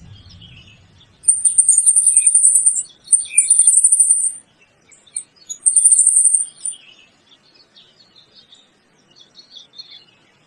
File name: saira de bando